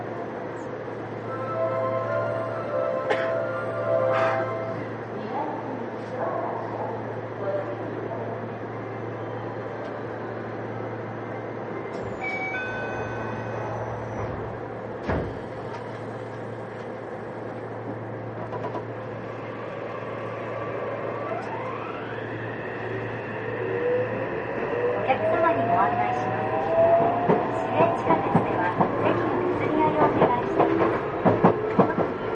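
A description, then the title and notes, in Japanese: A Yokohama Municipal Subway 3000R train rides between Kannai and Azamino under a steady low hum, with faint voices and chimes early on and a sharp knock near fifteen seconds. From about twenty-one seconds a motor whine climbs in pitch as rattling wheel noise grows louder. 横浜市営地下鉄3000R形 関内〜あざみ野。快速運用で録音。録音はICレコダーを使用しています。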